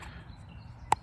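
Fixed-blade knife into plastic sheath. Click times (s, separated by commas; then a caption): 0.9 s. A Ganzo G806-OR (G806) fixed-blade knife with an 8Cr14MoV stainless steel blade is pushed into its molded plastic sheath over quiet low background noise. It locks in with a single sharp, bright click at 0.9 s, and the knife is seated.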